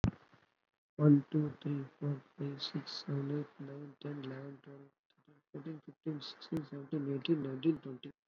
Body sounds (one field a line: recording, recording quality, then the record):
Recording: counting at a normal pace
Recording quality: excellent, no background noise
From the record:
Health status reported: COVID-19 positive, mild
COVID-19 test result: positive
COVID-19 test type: RT-PCR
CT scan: not taken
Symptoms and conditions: cough, cold, fatigue, muscle pain, diabetes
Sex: male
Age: 48 years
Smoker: no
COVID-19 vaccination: both doses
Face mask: worn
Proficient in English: yes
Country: India